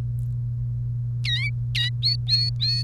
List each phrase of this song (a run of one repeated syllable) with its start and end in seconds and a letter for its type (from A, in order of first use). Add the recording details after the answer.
1.24-1.50 A, 1.75-1.89 A, 2.02-2.83 B. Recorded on 1 May 2018 at 12:13. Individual llb3